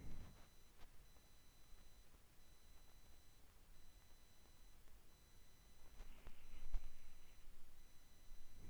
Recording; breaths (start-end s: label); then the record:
nose breathing near a microphone
0.00-0.58 s: exhalation
5.88-8.62 s: inhalation
From the record:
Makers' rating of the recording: medium